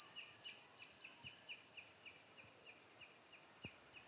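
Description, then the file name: Eurasian blackbird calling in a steady series of sharp, high ticking notes, roughly three to four a second, with a faint low thud near the end. "Turdus merula"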